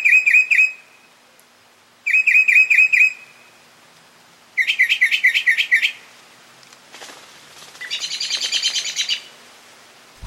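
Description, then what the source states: Mockingbird song: a bright chattering phrase repeated in bursts, then harsh buzzy notes and a rapid rasping chatter, each motif switching to a new one. Male.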